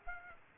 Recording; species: mosquito wingbeat signal from an infrared sensor; Aedes aegypti